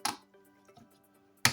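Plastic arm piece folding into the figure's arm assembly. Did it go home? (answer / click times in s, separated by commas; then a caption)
yes / 1.4 s. A plastic arm piece on a Transformers Studio Series 86 Leader Snarl action figure is folded into the figure's arm assembly during its transformation. A sharp click comes at 0.1 s, then faint rustles, and a loud sharp plastic snap at 1.5 s as the arm part clicks into place and seats.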